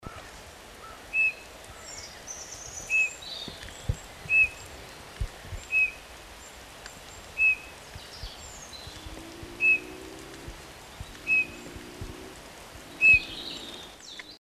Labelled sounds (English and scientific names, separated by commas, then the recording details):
Eurasian Bullfinch (Pyrrhula pyrrhula) song, European Robin (Erithacus rubecula)
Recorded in the wild
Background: Erithacus rubecula
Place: Oberstdorf, Bayern, DE
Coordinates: 47.4906, 10.2803
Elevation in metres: 809
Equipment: Uher 4000 Report
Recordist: Tretzel, Erwin
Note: Oberstdorf 1979: Gesang "düdü"